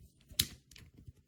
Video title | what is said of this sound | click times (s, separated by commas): Reseña del ANBEISTEE 45,000 RPM Torno para Uñas Eléctricos, Lima Electrica Uñas Profesional, Pedicur | Okay, so you just turn it, listen for the click, pull out that piece, | 0.4 s